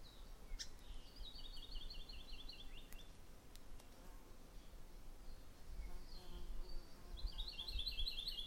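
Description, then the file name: Maui parrotbill giving two rapid series of high, repeated chirped notes, the second near the end, against a constant background hiss. "Maui Parrotbill Pseudonestor xanthophrys"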